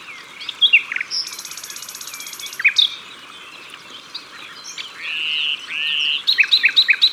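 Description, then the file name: Common nightingale song with a high, buzzy pulsed trill, slurred whistles, and a closing run of sharp repeated notes. At the water's edge. "Rossignol philomele Au bord de leau"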